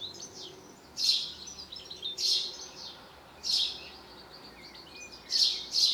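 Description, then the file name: House sparrow calls, loud clustered chirps coming in bursts roughly every one to two seconds, with softer chatter in between. "Passer domesticus"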